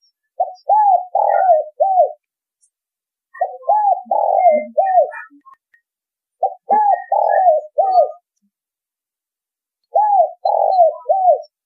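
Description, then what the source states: Spotted dove cooing in four regular phrases about three seconds apart, each of four or five soft arched notes, with occasional faint chirps. Spotted dove song in the giọng thổ đồng style.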